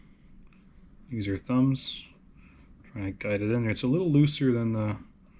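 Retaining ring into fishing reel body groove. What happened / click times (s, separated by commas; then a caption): The ring is being guided in by hand but has not clicked into place yet / none. A metal retaining ring is guided with the thumbs toward its groove inside the body of a Seigler SGN fishing reel while someone talks. Only faint handling sounds are heard under the speech, and nothing has seated or clicked into place yet.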